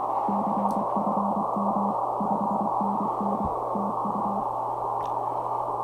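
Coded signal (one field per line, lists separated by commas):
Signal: Morse code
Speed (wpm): 23 wpm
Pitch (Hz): 200 Hz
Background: none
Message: CFM 5NN TU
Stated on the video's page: CW sent on an MFJ 9200 transceiver.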